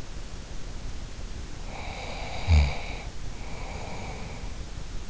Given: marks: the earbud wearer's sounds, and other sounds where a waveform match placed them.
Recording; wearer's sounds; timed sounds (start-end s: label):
sounds in sleep by an in-ear microphone; snoring breath
1.63-4.59 s: snoring breath